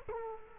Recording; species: mosquito wingbeat signal from an infrared sensor; Culex quinquefasciatus